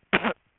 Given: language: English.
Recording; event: throat vibration sensor signal played as sound; cough